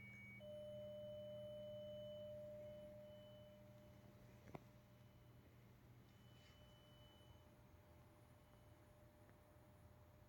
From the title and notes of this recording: Accoustic coupler connected to IMSAI8080 replica trying to connect to an old Linux laptop running mgetty.